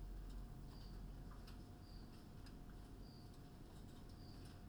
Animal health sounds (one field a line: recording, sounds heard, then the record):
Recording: poultry house recording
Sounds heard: no chicken sound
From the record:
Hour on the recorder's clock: 21